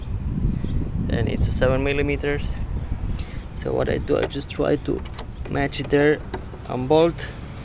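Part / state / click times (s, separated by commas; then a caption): 7 mm socket on the headlight mounting bolt / not seated / none. Someone talks while lining up a 7 mm socket on a broken, damaged conical headlight mounting bolt on a Touareg 7L, working the tool to match the bolt so it can be unbolted. The socket is being handled but has not clicked onto the bolt yet.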